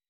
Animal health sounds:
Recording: hydrophone in a shrimp aquaculture tank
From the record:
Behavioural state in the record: weakened

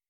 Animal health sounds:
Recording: hydrophone in a shrimp aquaculture tank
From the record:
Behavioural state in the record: weakened

